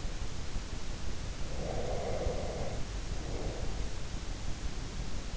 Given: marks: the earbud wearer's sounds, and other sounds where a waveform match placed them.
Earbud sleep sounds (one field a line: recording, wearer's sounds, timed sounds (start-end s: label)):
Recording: sounds in sleep by an in-ear microphone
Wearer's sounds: breath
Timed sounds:
1.44-3.99 s: breath